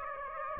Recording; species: mosquito wingbeat signal from an infrared sensor; Aedes aegypti